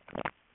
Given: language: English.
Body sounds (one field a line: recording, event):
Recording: throat vibration sensor signal played as sound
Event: swallow